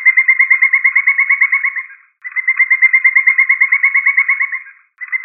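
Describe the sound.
Woodpecker giving two long runs of quick, even, ringing notes with a brief gap between, a third run starting at the end.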